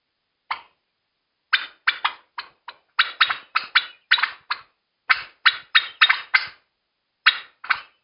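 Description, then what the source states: Turkey giving sharp, harsh alarm notes in irregular bursts, some single and some in quick pairs or triplets, with short silent gaps between volleys. Panic calls.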